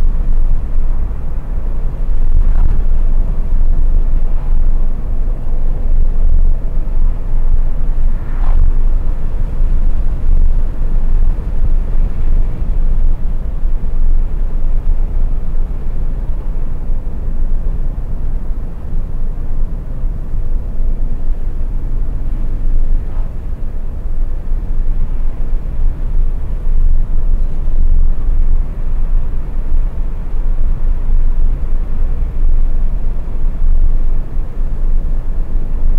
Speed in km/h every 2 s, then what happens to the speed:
80, 80, 78, 78, 78, 79, 74, 66, 64, 62, 59, 63, 66, 69, 72, 72, 73, 72.
0-11 steady at about 78. 11-20 slows to 59. 20-29 speeds up to 72. 29-36 steady at about 72.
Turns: 13-21.